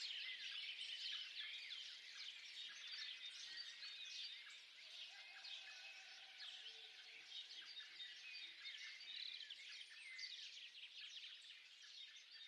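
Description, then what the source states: Bird chorus, a faint, continuous wash of many overlapping high chirps and twitters with no single singer standing out. Birds singing at dawn.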